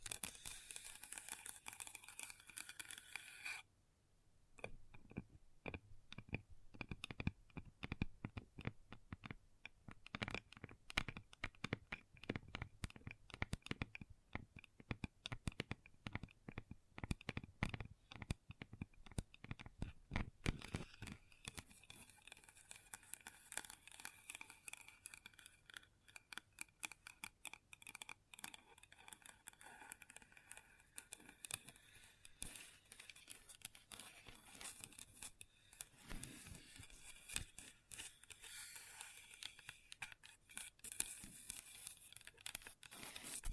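Long nails tap and scratch across a table in a dense run of quick, sharp clicks. From about 4 to 20 seconds the taps come fast and crisp. After that the sound turns rougher and more scraping, with louder hits standing out now and then.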